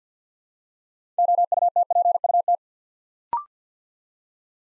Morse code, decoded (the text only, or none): OUTPUT